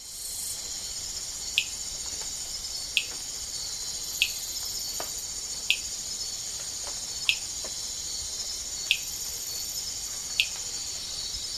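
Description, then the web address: Amazonian rain frog giving single short, sharp clicks repeated roughly every one and a half seconds, over a constant high, shrill insect chorus. Recorded in the Ecuadorian Amazon. "Frogs of Ecuadorian Amazon Eleutherodactylus altamazonicus"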